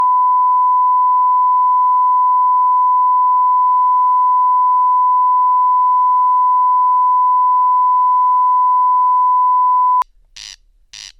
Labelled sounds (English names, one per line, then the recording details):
Corn Crake song
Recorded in the wild
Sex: male
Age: adult
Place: Schwedt/Oder, Nationalpark Unteres Odertal, Brandenburg, DE
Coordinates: 53.0362, 14.2918
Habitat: meadow
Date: 2020-07-08 00:58
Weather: 10°C, 90% humidity, almost windless
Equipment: Edirol R44, Microtech Gefell MK 250/MV220
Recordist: Frommolt, Karl-Heinz